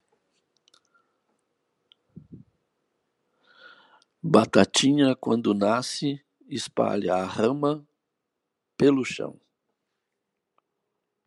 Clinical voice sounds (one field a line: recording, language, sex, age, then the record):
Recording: short text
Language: Brazilian Portuguese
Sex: male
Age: 60 to 69 years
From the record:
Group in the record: control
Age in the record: 68 years